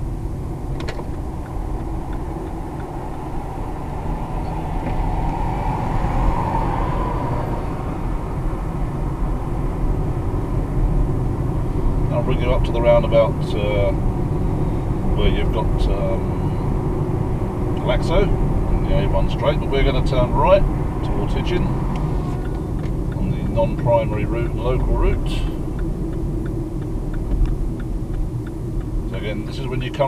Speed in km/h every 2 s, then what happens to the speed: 34, 39, 44, 47, 52, 55, 56, 60, 61, 58, 55, 52, 45, 39, 29.
0-11 speeds up to 56. 11-17 steady at about 60. 17-30 slows to 29.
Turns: none.